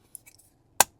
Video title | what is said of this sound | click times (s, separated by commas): Model Y Juniper: V3 Swivel Screen Kit By TesStudio 😮‍💨 Install and Review | Clicked into place real easy. | 0.8 s